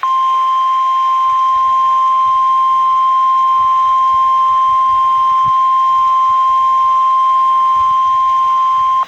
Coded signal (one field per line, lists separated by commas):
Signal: Emergency Alert System (SAME) tones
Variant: 1050 Hz attention tone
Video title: Emergency Alert System EAS Tornado Warning Southern Illinois NOAA Weather Radio (NWS Paducah, KY)